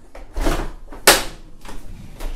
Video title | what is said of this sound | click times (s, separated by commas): Graco Blossom 4-in-1 Seating System - Unboxing & Assembly | you just take this and this should just click right in just | 1.1 s